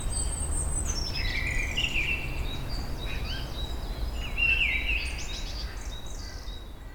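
Bird calls, a mix of short chirps and brief notes over a steady low rumble of background noise.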